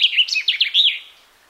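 Common chaffinch calls, a short burst of quick chirping, warbled notes lasting under a second, then fading out.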